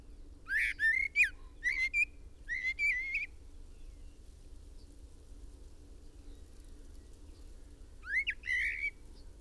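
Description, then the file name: Common blackbird offering a cluster of rising whistled notes in the first three seconds, then silence, then one more brief burst near the end. "Turdus merula"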